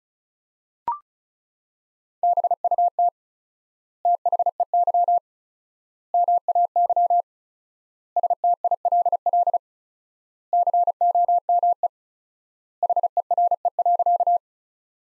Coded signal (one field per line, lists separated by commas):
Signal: Morse code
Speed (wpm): 36 wpm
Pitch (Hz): 700 Hz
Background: none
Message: BUT THEY MAY STILL COME HERE.